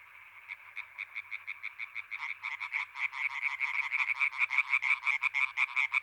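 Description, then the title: European tree frogs croaking in quick, nasal, rasping bursts, starting sparse and building into a louder overlapping chorus. European tree frogs in intense chorus at Étang des Marguilliers, Sologne, France, 21 May 1993, an hour after nightfall. "Choeur de rainettes en Sologne"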